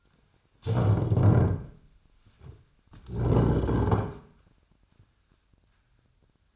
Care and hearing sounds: daily activity, microphone in the room; stand up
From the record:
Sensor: 2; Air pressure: 1007.7 hPa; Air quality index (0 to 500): 180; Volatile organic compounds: 10 ppm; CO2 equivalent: 2209 ppm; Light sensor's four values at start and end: 9/22/9/10 and 9/23/9/10

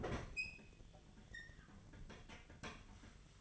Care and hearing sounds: daily activity, microphone in the room; open fridge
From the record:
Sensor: 4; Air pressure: 1010.6 hPa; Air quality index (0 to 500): 175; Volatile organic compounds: 5 ppm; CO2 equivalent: 1778 ppm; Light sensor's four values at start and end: 34/100/40/40 and 28/83/33/33

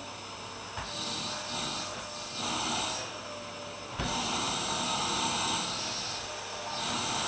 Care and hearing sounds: daily activity, microphone in the room; vacuum cleaning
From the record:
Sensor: 2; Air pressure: 1007.5 hPa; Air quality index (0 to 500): 32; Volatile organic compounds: 1 ppm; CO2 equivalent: 520 ppm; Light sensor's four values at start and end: 7/16/7/7 and 7/17/7/7

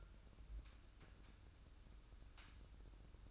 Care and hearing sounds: daily activity, microphone in the room; take from stove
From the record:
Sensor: 2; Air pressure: 994.3 hPa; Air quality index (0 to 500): 216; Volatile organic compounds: 1000 ppm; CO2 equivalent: 7173 ppm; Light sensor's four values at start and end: 137/326/138/143 and 137/326/138/142

